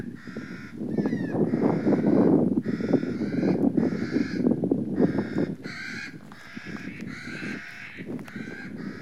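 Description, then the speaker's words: Clark's Nutcracker alarm calls: harsh, grating, rasping calls repeated rapidly and overlapping from several birds, with steady low wind rumble underneath. At least six birds calling loudly, like launching an emergency action plan, as a person dug up a dropped seed cache; windy day, high elevation, Sierra Nevada, Inyo National Forest; birds seemed unhappy with people. "And as he's digging for the seeds, at least six nutcrackers begin to call loudly, like they were launching an emergency action plan. Here's what it sounded like."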